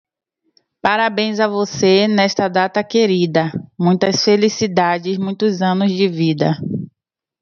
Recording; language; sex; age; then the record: short text; Brazilian Portuguese; female; 30 to 39 years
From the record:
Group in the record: control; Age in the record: 32 years